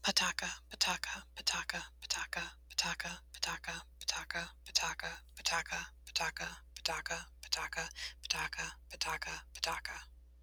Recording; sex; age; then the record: repeated syllables /pa ta ka/; female; 30 to 39 years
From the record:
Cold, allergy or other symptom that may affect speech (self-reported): no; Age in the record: 38 years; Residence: Michigan, United States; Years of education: 20